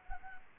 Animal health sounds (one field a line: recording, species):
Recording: mosquito wingbeat signal from an infrared sensor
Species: Anopheles gambiae